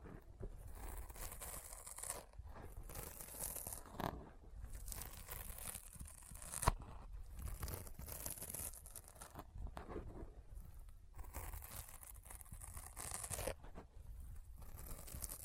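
Sticky finger sounds crackle and peel in dense, uneven bursts of bright tearing and crinkling, with a sharp click near seven seconds.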